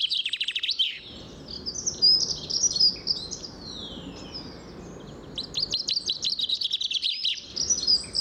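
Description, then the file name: Common chaffinch calls: a fast descending series of high notes, scattered chirps and a sliding note in the middle, then another quick repeated run near the end. "Fringilla coelebs"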